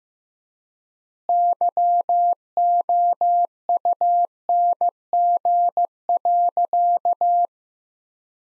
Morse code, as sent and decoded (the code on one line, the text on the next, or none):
-.-- --- ..- -. --. .-.-.-
YOUNG.